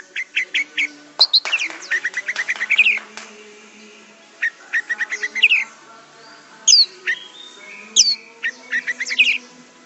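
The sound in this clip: Orange-headed thrush singing varied phrases of rapid, stacked chirps and sweeping whistles, grouped in bursts with short pauses between them.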